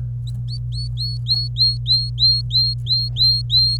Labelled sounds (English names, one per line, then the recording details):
Domestic Canary song
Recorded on 26 April 2018 at 11:46
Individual llb3